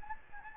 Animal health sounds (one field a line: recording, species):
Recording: mosquito wingbeat signal from an infrared sensor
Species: Anopheles gambiae